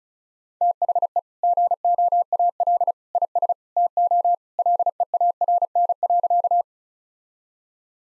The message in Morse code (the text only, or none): THE GOAL IS TO LEARN.